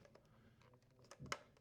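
A plastic battery latch cover is set slightly high on the housing of a Vita-Ox HD7 portable oxygen concentrator and slid down until it locks in place, the way it is designed to lock. Soft sliding and scraping gives way to a few small ticks and then a sharp click at 1.3 s as the latch seats.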